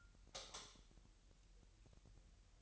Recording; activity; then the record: daily activity, microphone in the room; light off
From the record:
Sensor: 3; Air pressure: 1001.8 hPa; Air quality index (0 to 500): 248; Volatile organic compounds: 52 ppm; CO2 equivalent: 3322 ppm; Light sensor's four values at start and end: 12/35/15/13 and 5/13/5/5